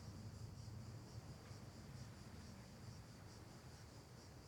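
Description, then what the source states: Cicada chorus as a continuous high buzz with a faint pulsing texture, over a low background rumble throughout. Cicadas recorded at night as ambience.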